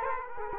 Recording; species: mosquito wingbeat signal from an infrared sensor; Culex quinquefasciatus